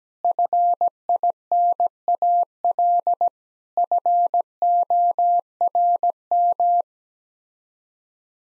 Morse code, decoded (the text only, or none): FINAL FORM